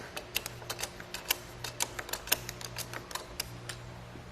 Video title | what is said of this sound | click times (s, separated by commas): etrailer - Fit Test: Inno Aero Flush Roof Rack for Naked Roofs with 2015 Honda Accord | can hear two or three audible clicks from our tool that lets us know that it's tightened down to its specifications and we're not going to over tighten it | 0.4 s, 1.3 s, 1.8 s, 2.3 s